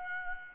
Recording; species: mosquito wingbeat signal from an infrared sensor; Aedes albopictus